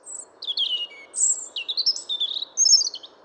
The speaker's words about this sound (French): l'alouette que vous avez entendue plus tôt, ou le rouge-gorge que vous venez d'entendre